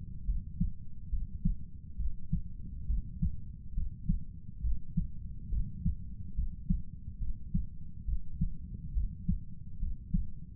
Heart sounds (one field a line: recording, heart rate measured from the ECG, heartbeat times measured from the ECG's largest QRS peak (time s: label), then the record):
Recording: heart sounds by stethoscope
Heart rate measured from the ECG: 69 bpm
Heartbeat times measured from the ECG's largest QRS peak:
0.26 s: heartbeat
1.11 s: heartbeat
1.97 s: heartbeat
2.87 s: heartbeat
3.75 s: heartbeat
4.62 s: heartbeat
5.50 s: heartbeat
6.36 s: heartbeat
7.19 s: heartbeat
8.06 s: heartbeat
8.94 s: heartbeat
9.80 s: heartbeat
From the record:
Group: healthy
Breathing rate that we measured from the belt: 20 breaths a minute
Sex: male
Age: 35 years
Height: 180 cm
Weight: 86.9 kg